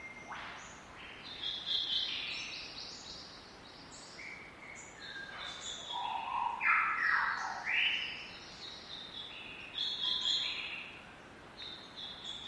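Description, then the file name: Lyrebird squawks, irregular harsh notes and short whistled slurs, some falling sharply, scattered throughout. More than one lyrebird, squawking. "lyrebirds squaking"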